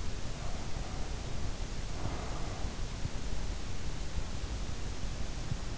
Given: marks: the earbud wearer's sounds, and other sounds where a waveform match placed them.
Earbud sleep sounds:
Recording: sounds in sleep by an in-ear microphone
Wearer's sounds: breath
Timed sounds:
0.45-2.85 s: breath

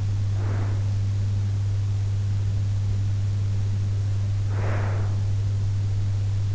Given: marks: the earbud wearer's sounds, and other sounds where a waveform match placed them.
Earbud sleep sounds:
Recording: sounds in sleep by an in-ear microphone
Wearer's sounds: breath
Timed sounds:
0.16-2.02 s: breath
4.11-5.79 s: breath

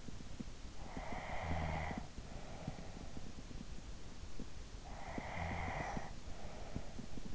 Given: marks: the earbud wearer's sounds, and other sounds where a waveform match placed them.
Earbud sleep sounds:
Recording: sounds in sleep by an in-ear microphone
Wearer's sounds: snoring breath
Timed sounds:
0.54-3.13 s: snoring breath
4.77-7.35 s: snoring breath

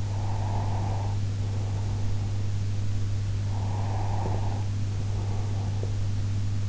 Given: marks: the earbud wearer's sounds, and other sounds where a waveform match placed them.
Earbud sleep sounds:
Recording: sounds in sleep by an in-ear microphone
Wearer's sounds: breath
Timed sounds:
0.07-2.47 s: breath
3.47-6.18 s: breath

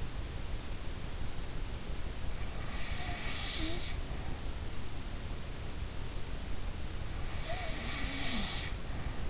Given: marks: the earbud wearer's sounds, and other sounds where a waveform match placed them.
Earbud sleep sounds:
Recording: sounds in sleep by an in-ear microphone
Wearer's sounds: snoring breath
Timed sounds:
2.32-4.31 s: snoring breath
7.35-9.30 s: snoring breath

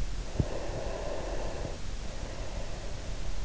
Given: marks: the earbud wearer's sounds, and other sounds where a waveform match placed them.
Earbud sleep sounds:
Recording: sounds in sleep by an in-ear microphone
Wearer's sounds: breath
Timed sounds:
0.22-3.40 s: breath

